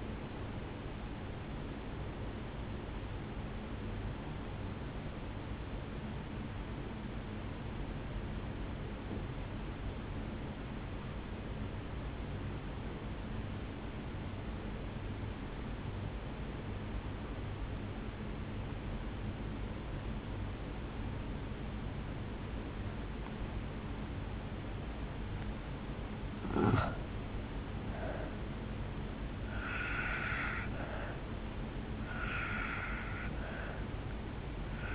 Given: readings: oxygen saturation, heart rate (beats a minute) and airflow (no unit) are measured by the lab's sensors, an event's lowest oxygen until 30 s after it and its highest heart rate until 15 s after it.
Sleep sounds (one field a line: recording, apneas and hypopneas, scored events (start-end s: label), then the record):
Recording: breathing in sleep by a voice recorder at the bedside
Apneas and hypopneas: 1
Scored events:
3.00-25.30 s: obstructive apnea (N2, oxygen 97% highest, then 85% lowest, heart rate 50 at the start, 71 highest)
From the record:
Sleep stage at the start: N2 (light sleep)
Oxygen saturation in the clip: 79 to 97%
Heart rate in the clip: 50 to 71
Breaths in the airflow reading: 3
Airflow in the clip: -3.0 to 4.6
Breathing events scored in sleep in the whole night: 449 in 7.0 hours asleep